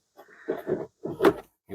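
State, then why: Seated. After the cabin air filter swap, the plastic glove box is lifted back up and its two side clips are pushed into place on the dashboard. Dull rubbing and knocking sounds lead to a loud, sharp pop at 1.3 s as the glove box clips snap into place and seat.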